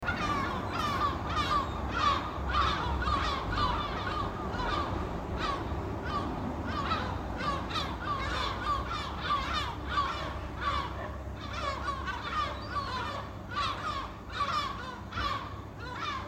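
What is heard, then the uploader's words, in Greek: Gulls call almost without pause, harsh, bright cries overlapping in a dense chorus across all sixteen seconds. A steady low rumble, like wind or surf, runs underneath throughout. Γλάροι.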